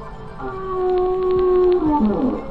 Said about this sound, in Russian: Погоди, дядя Кузя, кажется, прямо по курсу еще один кит. Ой, он разговаривает. Даже, кажется, поет.